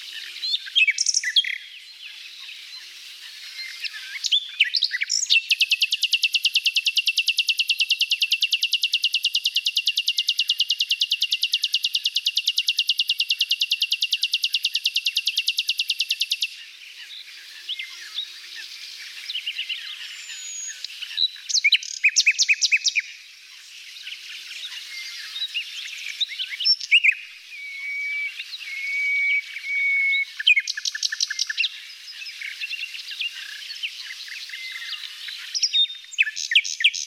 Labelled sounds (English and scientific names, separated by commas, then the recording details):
Common Nightingale (Luscinia megarhynchos) song
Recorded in the wild
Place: NSG Taubergießen / Reg.-Präs. Freiburg im Breisgau, Baden-Württemberg, DE
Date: 1989-05-23
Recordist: Schwarz, Dieter